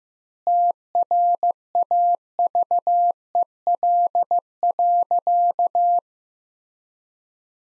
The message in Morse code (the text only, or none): TRAVEL.